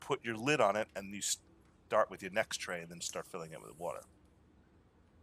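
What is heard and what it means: A plastic lid or stacking tray is handled over a filled ice cube tray, ready to be pressed on, while someone talks throughout. Nothing has snapped into place or seated yet by the end of the clip.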